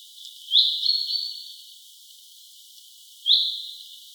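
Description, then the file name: Common chaffinch calling: a high note rising sharply and then trailing off, followed by a single similar call nearly three seconds later. "Fringilla coelebs"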